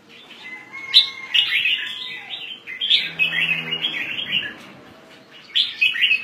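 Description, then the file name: Red-whiskered bulbul calling in bright, chirpy phrases, a burst near one second, then a run of overlapping notes from three to four and a half seconds and another short phrase near the end. "Pycnonotus jocosus"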